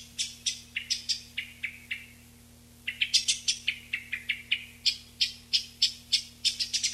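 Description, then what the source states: Eyebrowed thrush calls: short, sharp high notes given about three per second, pausing once, then resuming a little faster. 19 June 1991.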